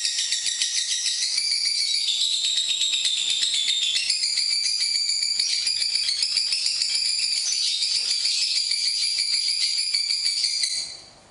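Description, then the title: Lovebird chattering song: an unbroken, rapid, high buzzy trill with a wavering pitch that runs for about ten seconds before stopping abruptly. Lovebird song used for training other birds (masteran). "MASTERAN BURUNG Lovebird"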